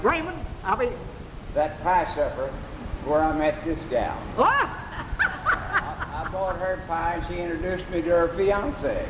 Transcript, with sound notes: Raymond--I mean--
That pie supper is where I met this gal.
Well! (laughs)
I bought her pie and she introduced me to her fiancé.